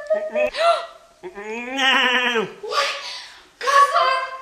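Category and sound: animal, goat bleating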